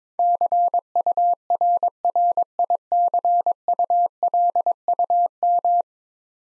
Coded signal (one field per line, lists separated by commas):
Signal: Morse code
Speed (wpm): 22 wpm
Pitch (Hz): 700 Hz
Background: none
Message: CURRICULUM